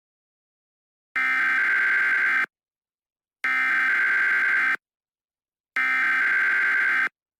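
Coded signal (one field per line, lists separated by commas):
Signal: Emergency Alert System (SAME) tones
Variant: header bursts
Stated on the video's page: Fictional EAS scenario.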